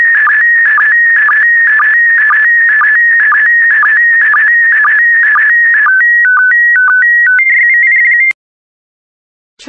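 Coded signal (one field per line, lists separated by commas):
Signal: SSTV (slow-scan television)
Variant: PD120 mode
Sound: rapid warbling whistle-like tone with regular ticks, then stepped steady tones, then silence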